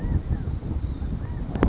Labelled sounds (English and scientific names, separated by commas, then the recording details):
California Quail (Callipepla californica)
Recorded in Sonoma County, California